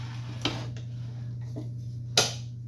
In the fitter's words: Clicks right in perfect at 45.